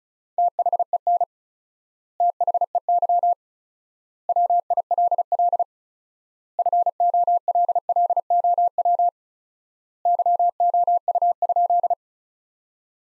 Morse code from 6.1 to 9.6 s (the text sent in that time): FOLLOW